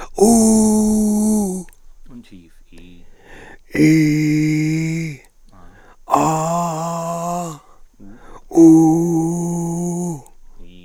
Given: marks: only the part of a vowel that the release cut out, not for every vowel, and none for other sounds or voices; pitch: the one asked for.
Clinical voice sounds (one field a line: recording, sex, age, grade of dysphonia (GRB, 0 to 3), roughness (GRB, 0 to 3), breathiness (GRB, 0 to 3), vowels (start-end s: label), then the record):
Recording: sustained vowels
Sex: male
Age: 60 to 69 years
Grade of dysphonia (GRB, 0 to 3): 3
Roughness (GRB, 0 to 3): 2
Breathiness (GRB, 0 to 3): 3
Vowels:
0.29-1.19 s: vowel /u/, high pitch
3.87-4.97 s: vowel /i/, low pitch
6.29-7.38 s: vowel /a/, low pitch
8.62-10.08 s: vowel /u/, low pitch
From the record:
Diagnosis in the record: cordectomy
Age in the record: 67 years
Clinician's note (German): Zustand danach, mit noch unvollständiger Kompensation; logopädische Therapie eingeleitet